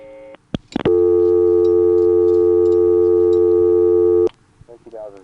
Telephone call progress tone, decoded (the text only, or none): dial tone